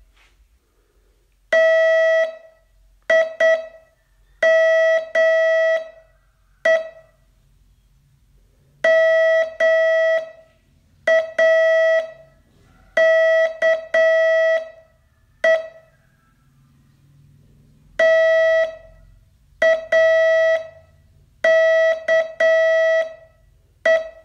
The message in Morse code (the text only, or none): TIME MAKE TAKE